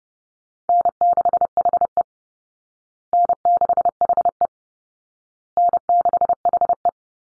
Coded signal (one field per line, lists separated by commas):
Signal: Morse code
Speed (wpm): 28 wpm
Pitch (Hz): 700 Hz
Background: none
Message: N6HE N6HE N6HE